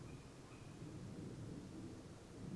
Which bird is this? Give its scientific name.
Strix aluco